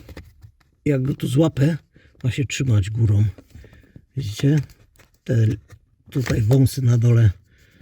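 A plastic cabin air filter cover is being fitted into the filter housing under the dashboard of a Citroen C5 X7, hooked in at the top while its lower tabs are positioned. Someone talks throughout, with faint handling sounds at the start. Nothing has seated or clicked yet.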